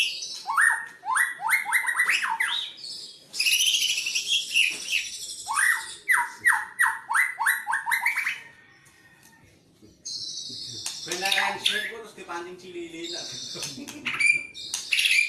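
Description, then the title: White-rumped shama song: series of fast chirps in rhythmic runs, a pause of near silence, then harsher scratchy high notes and whistles. "murai batu"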